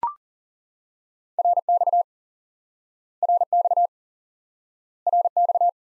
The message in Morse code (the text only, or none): RX RX RX